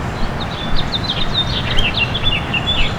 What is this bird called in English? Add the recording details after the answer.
House Finch. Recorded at Port Washington on Long Island, New York, on 22 May 2013. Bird A